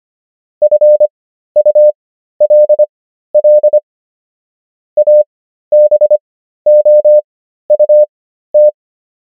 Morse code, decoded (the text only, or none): FULL ABOUT